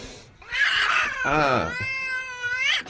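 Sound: cat meowing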